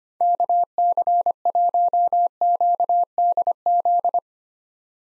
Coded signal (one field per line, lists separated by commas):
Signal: Morse code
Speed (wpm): 25 wpm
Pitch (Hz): 700 Hz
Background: none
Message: KC1QDZ